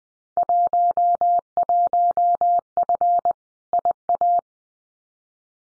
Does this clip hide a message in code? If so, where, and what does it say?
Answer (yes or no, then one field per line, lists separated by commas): yes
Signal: Morse code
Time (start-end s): 0.4-4.4 s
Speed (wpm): 20 wpm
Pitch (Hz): 700 Hz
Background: none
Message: 11F IA